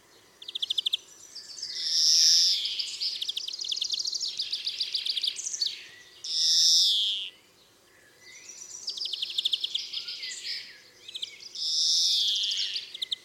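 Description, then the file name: European greenfinch alternating long buzzy wheezes, every few seconds, with fast jingling twitters and trills. "Chloris chloris"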